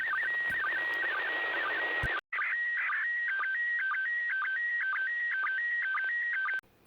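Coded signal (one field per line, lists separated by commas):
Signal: SSTV (slow-scan television)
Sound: warbling tone shifting between pitches with regular short low blips, under hiss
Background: radio static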